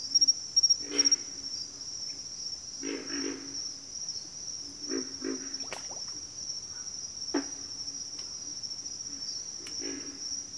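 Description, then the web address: Pig frog grunting: low, rough grunts, single or in short pairs, at irregular intervals, over a constant high insect trill. "ENTER Music and Audio J - Nature Songs Nature Sounds Sounds of Nature Collection Pig Frogs"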